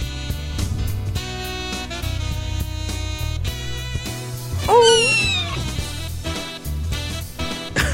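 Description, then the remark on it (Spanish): A single high, drawn-out cat meow rises and falls in pitch midway through, sounding clearly over steady background music with a thumping beat. “Los gatos son lindos más cuando están chiquitos.”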